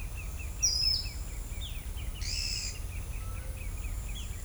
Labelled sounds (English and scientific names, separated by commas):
Pale-legged Hornero (Furnarius leucopus), Ochre-lored Flatbill (Tolmomyias flaviventris), Pale-eyed Pygmy Tyrant (Atalotriccus pilaris)